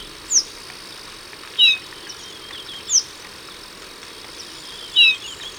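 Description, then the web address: Golden-rumped euphonia calls, short downslurred whistles alternating between a very high note and a lower one, roughly every one to two seconds, over steady hiss. Ecuador. "Natures Songs S America Birds of Ecuador. Golden-Rumped Euphonia"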